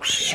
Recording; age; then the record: pig call; piglet (1 to 25 days)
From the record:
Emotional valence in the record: negative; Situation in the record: fighting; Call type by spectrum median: high-frequency call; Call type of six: high-frequency modulated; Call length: 0.35 s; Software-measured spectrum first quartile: 2924 Hz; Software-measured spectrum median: 3801 Hz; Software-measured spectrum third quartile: 6490 Hz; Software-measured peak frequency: 3244 Hz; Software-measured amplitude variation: 99 dB a second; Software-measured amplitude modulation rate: 18.6 a second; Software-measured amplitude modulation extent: 5.3 dB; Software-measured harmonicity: 4.2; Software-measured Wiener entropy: -2.07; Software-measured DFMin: 1575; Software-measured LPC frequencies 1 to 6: 666, 2330, 3270, 6557, 7869, 8926 Hz